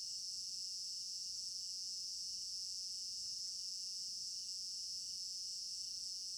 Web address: African-Village Garden Night Crickets 03 Stereo-Binaural. immersive sound library